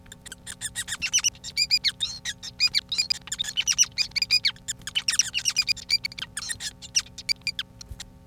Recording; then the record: song of a male Bengalese finch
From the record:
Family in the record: son of father 5